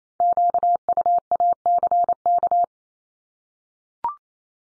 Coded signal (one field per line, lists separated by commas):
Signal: Morse code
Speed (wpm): 28 wpm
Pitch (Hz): 700 Hz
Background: none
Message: QUACK